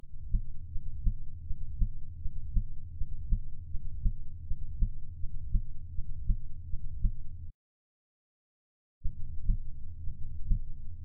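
Steady, deep paired thumps of a heartbeat, about 80 beats a minute, over a low rumbling background. The sound cuts out for about a second and a half, then the beat resumes.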